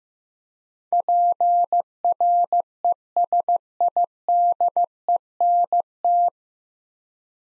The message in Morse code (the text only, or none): PRESIDENT